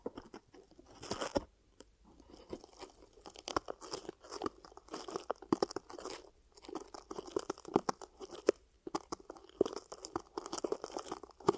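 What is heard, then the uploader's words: Ear cupping triggers: dense, crinkly crunching and rustling in quick, irregular bursts, like hands pressing and rubbing right at the ear. Brief quiet gaps break the texture near 1.5, 6.5 and 9 seconds. ASMR 10 Ear Cupping Triggers for Deep Sleep & Relaxation (No Talking).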